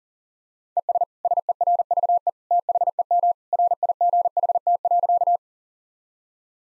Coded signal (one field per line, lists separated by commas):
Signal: Morse code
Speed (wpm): 40 wpm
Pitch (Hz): 700 Hz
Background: none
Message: ES SERVE THEM RIGHT.